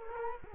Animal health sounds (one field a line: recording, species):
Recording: mosquito wingbeat signal from an infrared sensor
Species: Culex quinquefasciatus